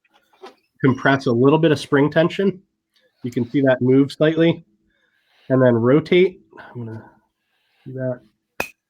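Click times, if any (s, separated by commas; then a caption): 8.6 s. A TiON suppressor is mounted onto its muzzle device mount: the suppressor tabs are indexed into the mount's grooves, the spring is compressed slightly, and the can is rotated while someone talks. At 8.6 s a sharp metallic click is heard as the suppressor seats in place on the mount.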